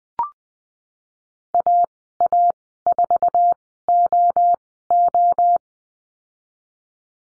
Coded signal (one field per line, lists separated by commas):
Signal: Morse code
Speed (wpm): 20 wpm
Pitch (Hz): 700 Hz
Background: none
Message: AA4OO